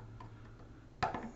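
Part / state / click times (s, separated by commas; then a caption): internal knife part into folding knife handle / seated / 1.0 s. During reassembly of an Archbishop folding knife, an internal metal part is pressed into the handle. After a low hum and a faint tick at 0.2 s, a sharp, bright metallic snap at 1.0 s marks the part popping into place, and it is seated.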